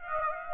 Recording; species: mosquito wingbeat signal from an infrared sensor; Aedes aegypti